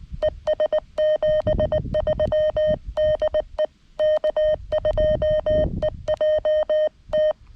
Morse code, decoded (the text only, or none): ES 73 DE K2EJT